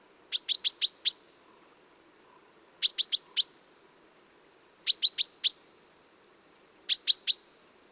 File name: Fringilla coelebs